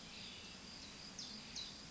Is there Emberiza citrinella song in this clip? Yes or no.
no